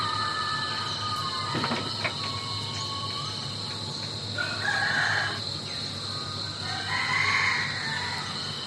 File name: nature rural amb birds insects chickens gibbons distant edge rainforest vietnam